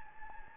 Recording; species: mosquito wingbeat signal from an infrared sensor; Anopheles gambiae